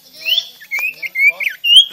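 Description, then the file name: Sirtu singing a brief string of whistled notes, some sliding upward, ending on a clear high whistle. Gacor (vigorous, continuous singing). "Suara Burung Sirtu Auto Gacor"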